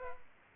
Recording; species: mosquito wingbeat signal from an infrared sensor; Aedes aegypti